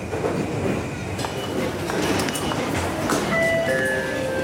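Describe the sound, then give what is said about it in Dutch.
Steady rumbling train noise fills crowded Shinjuku Station in Tokyo, Japan, one of the country's busiest stations, with metallic clatter, scattered clicks and a thin, high wheel squeal toward the end, under a constant wash of background bustle. “stap nu uit in Shinjuku. Een van de drukste stations van Japan.”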